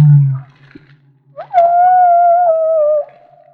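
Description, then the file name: Humpback whale song: a low hum, then a long, smooth tonal wail that holds steady and falls slightly over about 1.5 seconds. Maui. "Humpback Whale - Maui Whale One"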